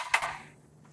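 Release buttons are pressed in on the hinge lock of an aluminum multi-position ladder, and the lock pops out with a single sharp click at 0.1 s, followed by a brief metallic ring that fades. The hinge is now released and unsecured.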